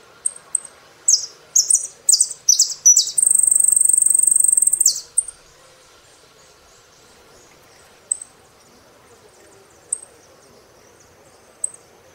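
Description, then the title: Saffron finch song: a burst of high, slurred descending notes and a long rapid trill, followed by scattered short high chirps every couple of seconds. "Jilguero Argentino"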